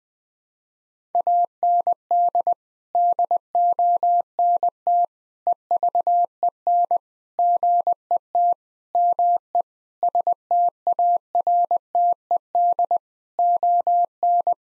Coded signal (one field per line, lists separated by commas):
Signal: Morse code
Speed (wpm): 20 wpm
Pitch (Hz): 700 Hz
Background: none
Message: AND DONT EVEN GET ME STARTED ON